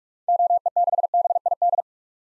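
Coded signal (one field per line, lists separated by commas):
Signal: Morse code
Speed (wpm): 47 wpm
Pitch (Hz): 700 Hz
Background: none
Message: OE6BID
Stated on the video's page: Common SOTA activator call signs at 45 wpm for head-copy practice, each sent, then spoken, then sent again.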